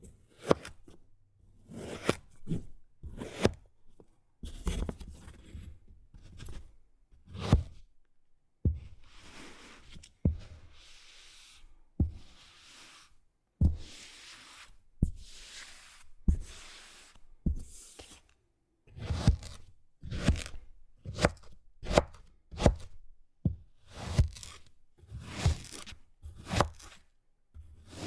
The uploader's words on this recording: 切動力沙｜Kinetic Sand.